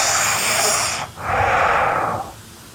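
Two loud, hissing breaths through the nose with the mouth closed while genuinely asleep, with no snoring rattle, sounding Darth Vader-esque: heavy nasal breathing.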